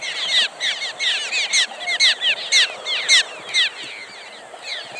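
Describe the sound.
Cliff swallows calling together, a dense chorus of squeaky, down-slurred chirps overlapping continuously in pulsing bursts.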